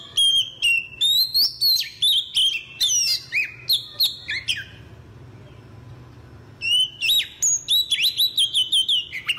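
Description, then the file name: Oriental magpie-robin delivering a lively series of varied, fluty whistles and slurs, briefly falling silent, then resuming with fast repeated whistled notes. "tieng chich choe"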